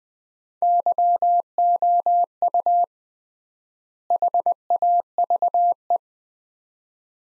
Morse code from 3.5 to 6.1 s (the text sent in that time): HAVE